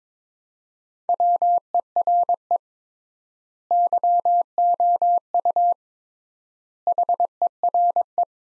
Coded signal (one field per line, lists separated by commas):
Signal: Morse code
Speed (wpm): 22 wpm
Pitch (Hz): 700 Hz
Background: none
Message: WERE YOU HERE